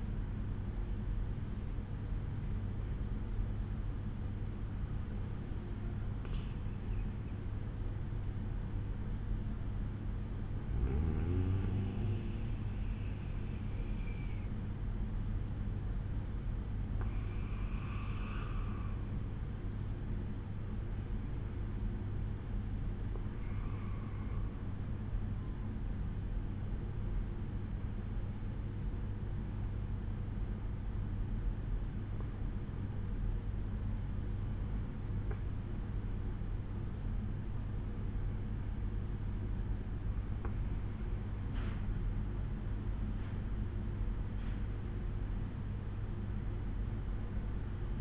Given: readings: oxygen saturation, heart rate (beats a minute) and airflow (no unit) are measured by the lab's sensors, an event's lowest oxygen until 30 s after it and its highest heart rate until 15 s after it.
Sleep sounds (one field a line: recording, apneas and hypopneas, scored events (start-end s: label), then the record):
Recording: breathing in sleep by a smartphone at the bedside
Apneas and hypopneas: none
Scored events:
22.00-48.01 s: new sleep stage, N2 (light sleep)
From the record:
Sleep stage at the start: N1 (lightest sleep)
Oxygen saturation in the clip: 93 to 95%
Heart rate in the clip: 62 to 75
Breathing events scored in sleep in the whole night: 187 in 7.2 hours asleep